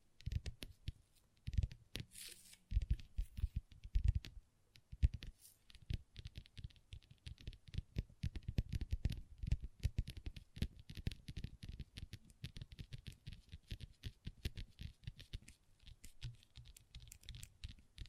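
Long fingernails tap and scratch on a tabletop in a quick, irregular patter of sharp clicks, much like fast typing. The taps come densely from about five seconds on, with a few brief scraping strokes and louder knocks scattered earlier.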